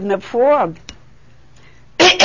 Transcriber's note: she coughs